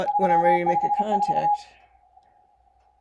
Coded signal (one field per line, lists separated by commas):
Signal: Morse code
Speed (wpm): 31 wpm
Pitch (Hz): 830 Hz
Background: speech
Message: 354